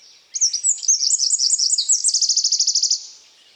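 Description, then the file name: Eurasian wren song: a loud, very high burst of tumbling warbled notes followed by a rapid, rattling trill of evenly spaced pulses lasting about a second. "Troglodytes troglodytes"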